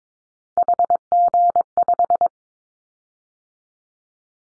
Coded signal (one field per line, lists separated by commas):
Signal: Morse code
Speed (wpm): 22 wpm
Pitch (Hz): 700 Hz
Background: none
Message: HG5